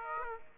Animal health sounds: mosquito wingbeat signal from an infrared sensor; Aedes aegypti

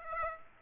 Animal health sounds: mosquito wingbeat signal from an infrared sensor; Aedes aegypti

